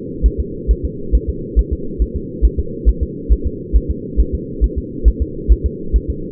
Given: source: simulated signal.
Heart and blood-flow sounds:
fetal heart sounds
0.26 s: S1
0.40 s: S2
0.71 s: S1
0.85 s: S2
1.15 s: S1
1.30 s: S2
1.59 s: S1
1.73 s: S2
2.02 s: S1
2.16 s: S2
2.45 s: S1
2.59 s: S2
2.89 s: S1
3.03 s: S2
3.32 s: S1
3.47 s: S2
3.76 s: S1
3.91 s: S2
4.20 s: S1
4.34 s: S2
4.64 s: S1
4.78 s: S2
5.08 s: S1
5.22 s: S2
5.52 s: S1
5.66 s: S2
5.96 s: S1
6.10 s: S2
From the record:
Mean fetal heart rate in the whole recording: 135 bpm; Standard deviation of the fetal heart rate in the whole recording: 3 bpm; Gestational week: 34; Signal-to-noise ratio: -4.3 dB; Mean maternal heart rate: 72 bpm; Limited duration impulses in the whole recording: absent

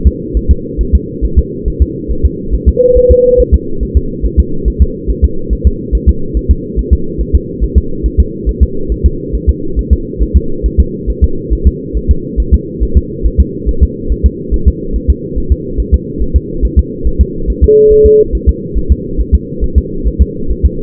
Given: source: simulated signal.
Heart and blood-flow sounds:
fetal heart sounds
0.07 s: S2
0.37 s: S1
0.51 s: S2
0.81 s: S1
0.95 s: S2
1.25 s: S1
1.39 s: S2
1.68 s: S1
1.82 s: S2
2.11 s: S1
2.25 s: S2
2.54 s: S1
2.69 s: S2
2.97 s: S1
3.11 s: S2
3.40 s: S1
3.54 s: S2
3.83 s: S1
3.97 s: S2
4.25 s: S1
4.39 s: S2
4.68 s: S1
4.82 s: S2
5.10 s: S1
5.25 s: S2
5.53 s: S1
5.67 s: S2
5.95 s: S1
6.09 s: S2
6.37 s: S1
6.51 s: S2
6.79 s: S1
6.93 s: S2
7.21 s: S1
7.35 s: S2
7.63 s: S1
7.78 s: S2
8.06 s: S1
8.20 s: S2
8.49 s: S1
8.63 s: S2
8.92 s: S1
9.06 s: S2
9.35 s: S1
9.49 s: S2
9.79 s: S1
9.93 s: S2
10.22 s: S1
10.36 s: S2
10.66 s: S1
10.80 s: S2
11.10 s: S1
11.24 s: S2
11.53 s: S1
11.67 s: S2
11.97 s: S1
12.11 s: S2
12.40 s: S1
12.54 s: S2
12.83 s: S1
12.97 s: S2
13.26 s: S1
13.40 s: S2
13.69 s: S1
13.83 s: S2
14.12 s: S1
14.26 s: S2
14.54 s: S1
14.68 s: S2
14.96 s: S1
15.10 s: S2
15.38 s: S1
15.52 s: S2
15.80 s: S1
15.94 s: S2
16.22 s: S1
16.36 s: S2
16.65 s: S1
16.79 s: S2
17.07 s: S1
17.21 s: S2
17.50 s: S1
17.64 s: S2
17.92 s: S1
18.06 s: S2
18.35 s: S1
18.49 s: S2
18.78 s: S1
18.92 s: S2
19.20 s: S1
19.35 s: S2
19.64 s: S1
19.78 s: S2
20.07 s: S1
20.22 s: S2
20.51 s: S1
20.66 s: S2
From the record:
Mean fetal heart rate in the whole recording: 140 bpm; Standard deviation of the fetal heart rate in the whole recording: 2 bpm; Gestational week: 34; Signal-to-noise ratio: -8.1 dB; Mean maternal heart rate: 72 bpm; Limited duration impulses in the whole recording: present

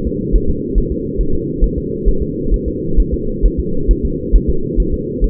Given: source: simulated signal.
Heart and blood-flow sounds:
fetal heart sounds
0.07 s: S2
0.36 s: S1
0.50 s: S2
0.78 s: S1
0.92 s: S2
1.21 s: S1
1.35 s: S2
1.64 s: S1
1.78 s: S2
2.08 s: S1
2.22 s: S2
2.54 s: S1
2.68 s: S2
3.00 s: S1
3.14 s: S2
3.45 s: S1
3.59 s: S2
3.91 s: S1
4.05 s: S2
4.36 s: S1
4.50 s: S2
4.80 s: S1
4.94 s: S2
5.24 s: S1
From the record:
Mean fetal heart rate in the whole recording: 135 bpm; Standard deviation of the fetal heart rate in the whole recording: 3 bpm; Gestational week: 36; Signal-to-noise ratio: -8.1 dB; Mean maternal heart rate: 72 bpm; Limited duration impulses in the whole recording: present

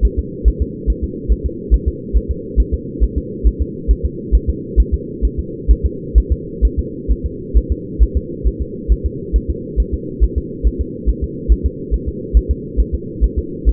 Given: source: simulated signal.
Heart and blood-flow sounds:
fetal heart sounds
0.05 s: S1
0.19 s: S2
0.48 s: S1
0.62 s: S2
0.90 s: S1
1.04 s: S2
1.32 s: S1
1.46 s: S2
1.74 s: S1
1.88 s: S2
2.16 s: S1
2.31 s: S2
2.60 s: S1
2.74 s: S2
3.03 s: S1
3.18 s: S2
3.47 s: S1
3.62 s: S2
3.91 s: S1
4.05 s: S2
4.35 s: S1
4.50 s: S2
4.80 s: S1
4.94 s: S2
5.25 s: S1
5.39 s: S2
5.71 s: S1
5.85 s: S2
6.18 s: S1
6.32 s: S2
6.65 s: S1
6.79 s: S2
7.11 s: S1
7.26 s: S2
7.57 s: S1
7.72 s: S2
8.03 s: S1
8.17 s: S2
8.47 s: S1
8.62 s: S2
8.92 s: S1
9.06 s: S2
9.36 s: S1
9.50 s: S2
9.80 s: S1
9.94 s: S2
10.23 s: S1
10.38 s: S2
10.67 s: S1
10.81 s: S2
11.09 s: S1
11.24 s: S2
11.52 s: S1
11.66 s: S2
11.94 s: S1
12.08 s: S2
12.37 s: S1
12.51 s: S2
12.80 s: S1
12.95 s: S2
13.24 s: S1
13.38 s: S2
13.69 s: S1
From the record:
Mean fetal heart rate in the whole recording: 135 bpm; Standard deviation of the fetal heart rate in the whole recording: 3 bpm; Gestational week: 34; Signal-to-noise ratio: -4.1 dB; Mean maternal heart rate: no maternal heart sound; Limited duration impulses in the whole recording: absent

